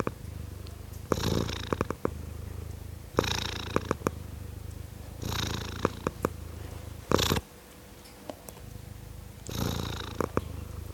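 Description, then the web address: Domestic cat purring, a low continuous rumbling broken by louder rasping surges every couple of seconds, with several clicks. Tom cat purring. "BBC Cats Purring"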